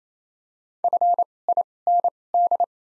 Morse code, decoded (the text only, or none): FIND